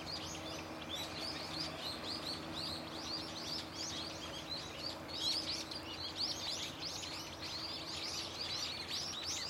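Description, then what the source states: Crowded bird chorus of rapid, high-pitched chirps and tweets from many birds at once, continuing without a break over a faint low hum. Birds singing loudly and without pause from a tetrapod belt and its trees.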